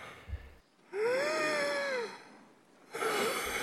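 Imitated labored breathing of an elderly woman who cannot get enough air: a drawn-out whistling, wheezy breath in, then a noisy breath out. It was a constant background of breathing that varied from day to day and grew progressively heavier.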